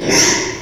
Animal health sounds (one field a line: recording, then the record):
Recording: squeal of a Yucatan mini pig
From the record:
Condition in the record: before surgery on the right vocal fold (resection and tissue-engineered implant)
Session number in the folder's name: 1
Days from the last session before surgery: -3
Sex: male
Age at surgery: 12 weeks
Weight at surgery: 13 kg